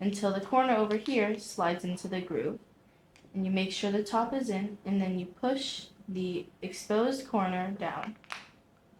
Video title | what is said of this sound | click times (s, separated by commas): Oakley Discreet OO2012 Lenses Replacement Tutorial - How to Install New Lenses | and you should hear a click | 8.3 s